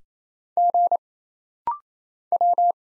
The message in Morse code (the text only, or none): G W